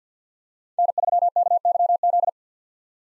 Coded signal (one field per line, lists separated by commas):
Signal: Morse code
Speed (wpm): 50 wpm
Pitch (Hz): 700 Hz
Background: none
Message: N3KYZ